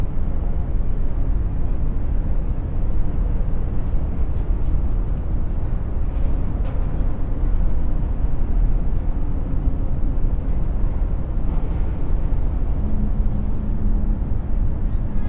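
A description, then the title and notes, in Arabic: A noisy city scene with a constant, dense low rumble of traffic that never lets up. The roar stays heavy in the low end with little change in level, and faint brief tones surface now and then, including a short low hum near the thirteen-second mark. مشهد المدينة الصاخب | أصوات من أفق المدينة. نستدرجك لتصعد 20 طابقًا فوق منظر المدينة المتنوع.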